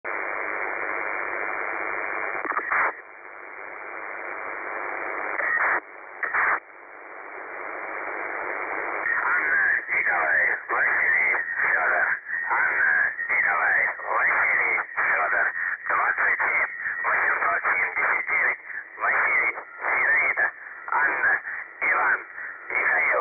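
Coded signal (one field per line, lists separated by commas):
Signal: coded military voice message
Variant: UVB-76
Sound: radio hiss for about ten seconds, then a voice reading words in short segments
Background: radio static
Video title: The Buzzer/UVB-76 Voice Message (December 3, 2020 10:10 UTC)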